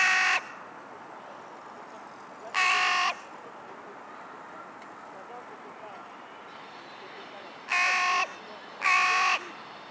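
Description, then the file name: Carrion crow giving four harsh, hoarse caws, one at the start, one after a pause, then two close together near the end. "Corvus corone"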